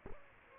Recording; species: mosquito wingbeat signal from an infrared sensor; Aedes aegypti